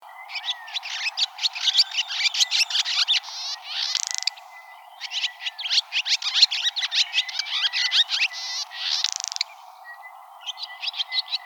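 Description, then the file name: Barn swallow twittering song: fast, squeaky chattering notes broken by two harsh, buzzy rattles, with brief pauses between bursts. Arizona, United States; recorded 18 April 2004. "BARS 3 deviche"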